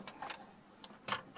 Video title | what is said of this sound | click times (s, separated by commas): Add Factory Navigation to MyFord Touch - 2013 - 2016 Ford Super Duty | And you just push those clips in until they click. | 1.1 s